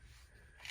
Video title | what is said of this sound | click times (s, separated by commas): Coonan .357 Magnum Automatic | See, it will click right into place. | 0.7 s